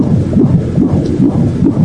The sonographer put the Doppler on the young woman's belly. The sound of a baby's heartbeat began to resound in the room.